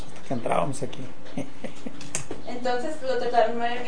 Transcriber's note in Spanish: risas